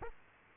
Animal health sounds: mosquito wingbeat signal from an infrared sensor; Aedes aegypti

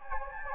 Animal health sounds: mosquito wingbeat signal from an infrared sensor; Anopheles gambiae

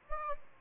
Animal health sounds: mosquito wingbeat signal from an infrared sensor; Anopheles gambiae

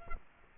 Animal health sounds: mosquito wingbeat signal from an infrared sensor; Culex quinquefasciatus

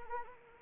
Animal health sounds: mosquito wingbeat signal from an infrared sensor; Anopheles arabiensis

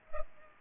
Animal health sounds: mosquito wingbeat signal from an infrared sensor; Culex pipiens

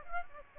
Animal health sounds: mosquito wingbeat signal from an infrared sensor; Aedes aegypti

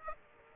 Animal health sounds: mosquito wingbeat signal from an infrared sensor; Aedes aegypti

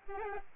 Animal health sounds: mosquito wingbeat signal from an infrared sensor; Aedes albopictus

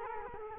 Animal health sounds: mosquito wingbeat signal from an infrared sensor; Culex quinquefasciatus

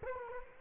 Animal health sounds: mosquito wingbeat signal from an infrared sensor; Culex quinquefasciatus

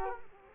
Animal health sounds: mosquito wingbeat signal from an infrared sensor; Culex quinquefasciatus

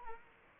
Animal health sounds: mosquito wingbeat signal from an infrared sensor; Anopheles arabiensis

